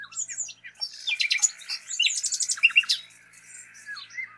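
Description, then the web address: Common nightingale song delivered continuously: fast rattling trills, bright slurred notes and chattering runs that blend into each other, fading to soft high notes at the end. "pub SETE data Luscinia megarhynchos"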